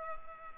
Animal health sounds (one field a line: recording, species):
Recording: mosquito wingbeat signal from an infrared sensor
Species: Culex pipiens